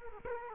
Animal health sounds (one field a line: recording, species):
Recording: mosquito wingbeat signal from an infrared sensor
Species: Culex quinquefasciatus